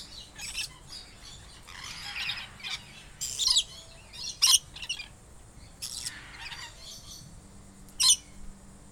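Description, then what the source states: Lorikeets giving harsh screechy squawks and shrill chirps in scattered bursts, several birds calling irregularly over a low background hum. Ensemble of several lorikeets calling together.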